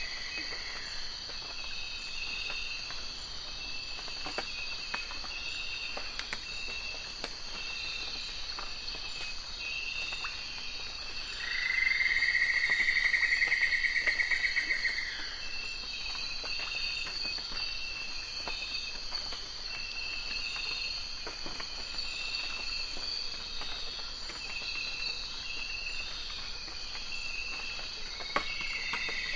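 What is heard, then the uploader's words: Deep in the Amazon wilderness, a dense, steady chorus of insects and frogs fills the air with high, shimmering trills. From about 11 to 15 seconds a louder buzzing call rises above the rest, while faint high chirps come and go throughout. Amazon Awakenings. You'll hear sounds recorded by Gordon Hempton, the Sound Tracker, at Zabalo River Wilderness Quiet Park — deep inside the Amazon.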